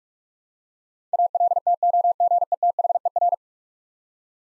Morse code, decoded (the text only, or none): ALTOGETHER